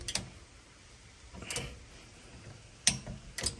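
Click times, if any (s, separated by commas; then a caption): 2.9 s. A click-type torque wrench preset to 20 ft-lb tightens a rear brake caliper bolt on a 2007 Ford Sport Trac until the wrench breaks over. A few softer ticks and taps come before a sharp, loud click at 2.9 s, followed by another brief pair of ticks. The wrench clicks at its setting, confirming the bolt is torqued.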